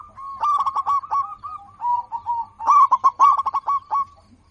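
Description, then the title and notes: Zebra dove cooing: two rolling bursts of quick notes separated by a few slower, softer coos, with a faint low hum underneath. Local zebra dove (perkutut lokal), said to be in full voice (gacor) with a loud, crystal-clear voice. "PERKUTUT LOKAL GACOR Suara KRISTAL LANTANG. Kicau Burung Perkutut"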